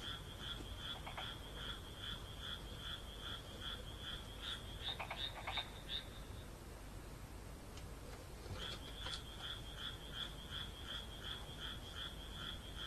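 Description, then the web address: Frog croaking in a rapid series, interrupted by a few sharp clicks and a short gap before the steady croaks return. "kaeru kaeru"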